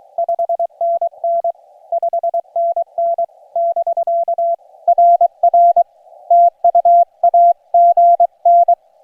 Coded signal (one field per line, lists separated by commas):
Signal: Morse code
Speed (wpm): 24 wpm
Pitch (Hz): 680 Hz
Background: none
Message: 5NN 5NN <BK> RR TU AGN